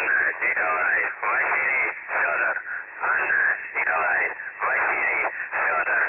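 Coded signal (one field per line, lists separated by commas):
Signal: numbers station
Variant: UVB-76, Russian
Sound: russian voice over radio reads phonetic-alphabet names: Nikolai, Vasily, Fyodor, Anna, Nikolai, Vasily, Fyodor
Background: radio static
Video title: The Buzzer/UVB-76 Voice Message (December 4, 2020 10:24 UTC)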